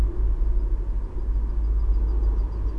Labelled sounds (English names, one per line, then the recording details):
Mallard
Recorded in Germany
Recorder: ecoPi